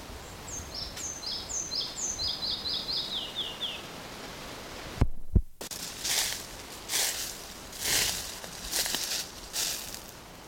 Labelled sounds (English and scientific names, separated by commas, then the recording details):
Red-breasted Flycatcher (Ficedula parva)
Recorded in the wild
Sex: male
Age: adult
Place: Mühlenbeck, Brandenburg, DE
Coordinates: 52.667, 13.37
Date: 1992-05-23 13:10
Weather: 23-24°C, böiger Wind
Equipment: Nagra SN, Mikrofon AKG CK 8, Kopie Tesla B 116
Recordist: Tembrock, Günter
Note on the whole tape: Mühlenbecker Wald am Mühlenbecker See (NW); Gesang, ca. 40 Strophen, einige mit z.T. 2-silbigen Rufen eingeleitet, am Mühlenbecker See (NW); z.T. Windrauschen in den Bäumen